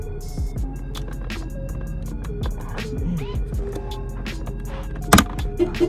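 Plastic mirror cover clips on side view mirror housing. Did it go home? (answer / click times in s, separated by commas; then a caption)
released / 5.1 s, 5.2 s. A plastic side-view mirror cover on a 2019–2022 Toyota Corolla mirror housing is pried off its retaining clips while music plays. Two sharp snaps at 5.1 s and 5.2 s mark the clips releasing and the cover coming free.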